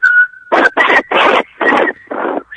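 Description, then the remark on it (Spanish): A woman tries to whistle a song melody: a thin, steady whistle holds one high pitch, repeatedly broken by five loud, breathy bursts of laughter that keep her from pursing her lips, so little of the melody gets through. “Espera, espera, porque me río y no puedo poner el piquito para silbar.”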